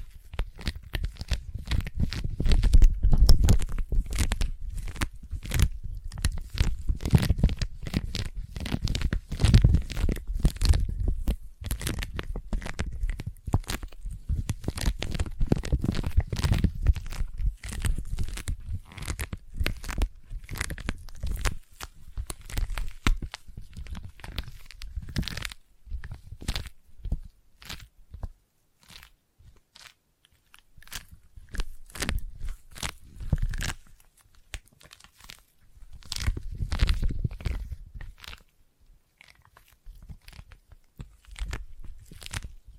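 Dense sticky tapping with crackly, tearing peels, busiest and loudest in the first twenty seconds, then thinner, with bursts near 36 seconds.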